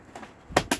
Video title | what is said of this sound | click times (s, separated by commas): New 3d Printed Protocol Droid Shoulder Ring Design!---C-3PO Blog Updated 180802 | hooks in there upside down pops into place when you rotate it around there it is | 0.6 s, 0.7 s